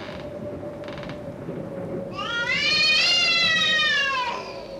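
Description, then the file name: Domestic cat yowl: one drawn-out harmonic wail that rises, holds, then slowly sinks over about two seconds, after a few short noisy bursts, over a steady low hum. Yowling cat used as a horror sound effect. "jaulende katze"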